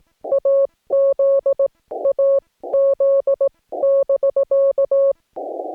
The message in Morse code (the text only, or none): AZ AZ <BK>